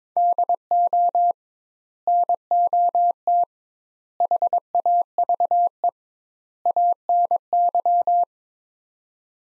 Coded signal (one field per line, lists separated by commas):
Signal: Morse code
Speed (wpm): 22 wpm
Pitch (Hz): 700 Hz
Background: none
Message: DO NOT HAVE ANY